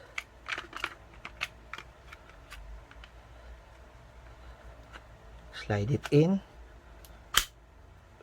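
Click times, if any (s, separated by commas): 7.4 s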